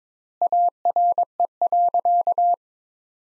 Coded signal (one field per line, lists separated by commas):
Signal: Morse code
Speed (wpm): 22 wpm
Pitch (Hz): 700 Hz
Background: none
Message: ARE.